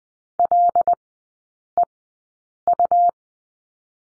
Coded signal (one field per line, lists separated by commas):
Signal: Morse code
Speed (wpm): 20 wpm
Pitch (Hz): 700 Hz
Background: none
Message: LEU